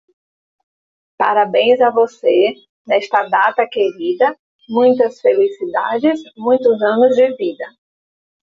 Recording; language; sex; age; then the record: short text; Brazilian Portuguese; female; 40 to 49 years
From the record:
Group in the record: control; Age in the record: 44 years